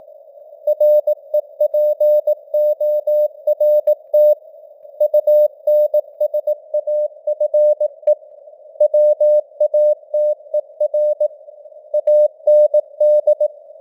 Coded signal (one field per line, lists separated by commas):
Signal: Morse code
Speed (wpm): 18 wpm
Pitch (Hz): 600 Hz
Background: none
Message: REPORT UNSAFE WATER AND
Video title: Morse Code News | 2025-11-12 | 18wpm